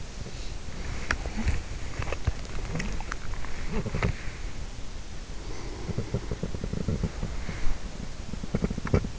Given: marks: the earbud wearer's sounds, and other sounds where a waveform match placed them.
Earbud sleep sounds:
sounds in sleep by an in-ear microphone; teeth grinding, breath
0.18-9.19 s: teeth grinding
5.33-7.76 s: breath

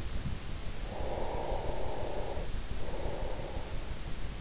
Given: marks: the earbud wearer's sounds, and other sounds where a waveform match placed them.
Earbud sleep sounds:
sounds in sleep by an in-ear microphone; breath
0.69-4.07 s: breath

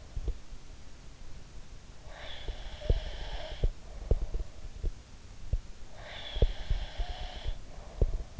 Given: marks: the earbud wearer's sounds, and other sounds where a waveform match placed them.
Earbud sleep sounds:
sounds in sleep by an in-ear microphone; breath
0.00-0.35 s: sound from someone else or the room
2.02-4.46 s: breath
2.44-5.61 s: sound from someone else or the room
5.90-8.40 s: breath
6.30-8.40 s: sound from someone else or the room

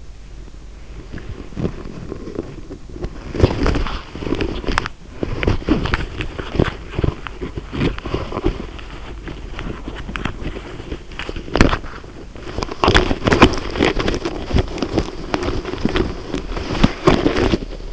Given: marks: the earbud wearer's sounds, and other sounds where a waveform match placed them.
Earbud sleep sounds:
sounds in sleep by an in-ear microphone; body movement
1.32-17.93 s: body movement

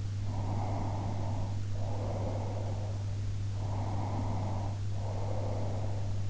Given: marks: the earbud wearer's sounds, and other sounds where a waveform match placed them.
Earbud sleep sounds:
sounds in sleep by an in-ear microphone; breath
0.44-2.99 s: breath
3.57-6.29 s: breath

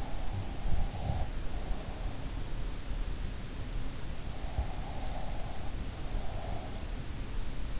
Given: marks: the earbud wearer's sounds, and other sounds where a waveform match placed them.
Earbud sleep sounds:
sounds in sleep by an in-ear microphone; breath
0.00-1.88 s: breath
4.43-6.86 s: breath

